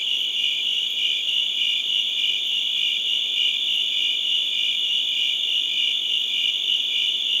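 Crickets chirping in a steady, shrill high-pitched chorus, with faint rapid pulsing running through the unbroken trill.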